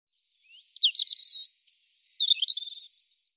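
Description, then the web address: European robin singing two high phrases almost back to back, full of fast slurred notes, a drawn-out thin whistle and a buzzy trilled ending. "cianscape birddata Deverinetal 2025 Bird Er Ru"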